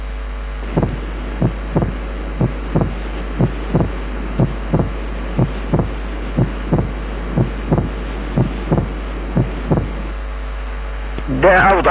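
Heartbeat near 60 a minute in an adult; the second heart sound is doubled, its two components very far apart: a wide split S2.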